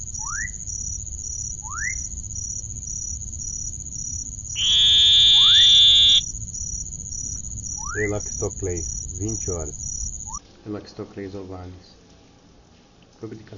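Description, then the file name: Oval frog producing a single buzzy call lasting under two seconds, among short rising chirps, a constant high whine, and later clattering noises. "Elachistocleis ovalis"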